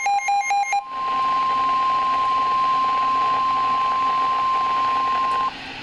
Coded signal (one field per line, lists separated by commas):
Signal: Emergency Alert System (SAME) tones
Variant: 1050 Hz attention tone